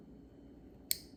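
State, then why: Seated. A crimped terminal on a wire is pushed into a 20-pin rectangular plastic connector housing on a Sea-Doo GTX 130 Pro, with the housing's insert popped out, while enabling ski mode. A single sharp, bright click is heard at 0.9 s over a low, steady background. The pin seats in the housing and stays put when the wire is tugged.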